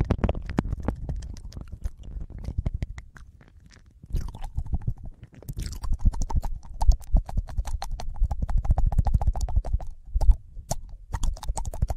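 Ear licking made of rapid, wet clicks and smacks that follow one another almost continuously, with a low, soft body beneath them. The sound thins to near silence around four to five seconds, then resumes, denser and louder, with sharp bright clicks through the end.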